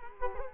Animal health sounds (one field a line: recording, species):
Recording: mosquito wingbeat signal from an infrared sensor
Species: Culex quinquefasciatus